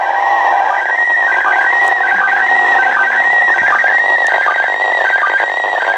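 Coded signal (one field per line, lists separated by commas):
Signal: SSTV (slow-scan television)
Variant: PD 180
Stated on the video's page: PD180 SSTV signal from the ISS, received at a home station on a Kenwood TM-V7 with a home-brew antenna.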